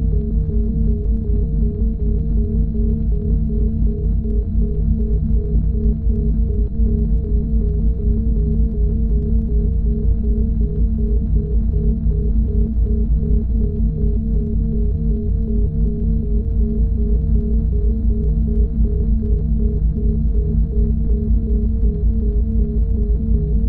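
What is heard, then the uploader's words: Binaural beats: a steady, deep drone of low tones with a fast, regular throbbing pulse running through a slightly higher tone. The level stays constant for the whole stretch, dark and bass-heavy with almost nothing bright on top. Binaural Beats.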